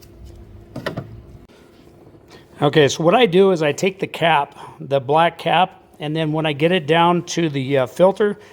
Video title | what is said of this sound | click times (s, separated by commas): FIAT Oil Change | okay and it will align and it will lock into place | 0.9 s